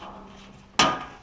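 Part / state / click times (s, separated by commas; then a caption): tensioner spring hook into the idler bracket hole on a lawn tractor / seated / 0.8 s. On a Troy-Bilt Bronco lawn tractor, a steel tensioner spring hook is forced into the hole of the idler bracket while the drive belts are being replaced. A faint hum sits under the first part of the clip, then a loud, sharp metallic snap at 0.8 s rings briefly and fades. The hook is seated in the bracket hole.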